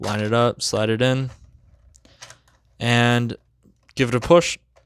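Someone talks while a plastic wing, or spoiler, is lined up with the slot on the trailer of a Transformers Kingdom WFC-K29 Rodimus Prime transforming toy and slid in. Faint plastic handling ticks come between the phrases around 2.0–2.5 s. The clip ends before the push, and nothing has clicked into place yet.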